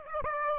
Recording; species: mosquito wingbeat signal from an infrared sensor; Aedes aegypti